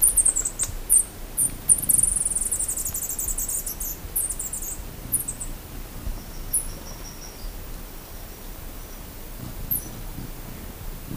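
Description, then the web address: Velvet-purple coronet calls: a rapid cluster of very high, thin twittering chips at first, then sparser single high notes, with low background rumble. Recorded in Ecuador. "Birds of Ecuador. Velvet-purple Coronet"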